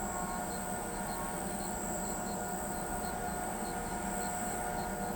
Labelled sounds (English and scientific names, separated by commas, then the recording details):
none
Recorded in pastures near Pivijay, Magdalena, Colombia, on 13 April 2023 at 23:00
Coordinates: 10.456, -74.369
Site P6-G026